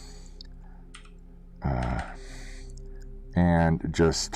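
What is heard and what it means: A 3D-printed plastic clip on a helmet's binocular stem assembly is seated on one side first and then pressed in on the other side. Sharp clicks are heard at 0.4 and 1.0 seconds, and someone talks afterward. The clip snaps into place and is seated.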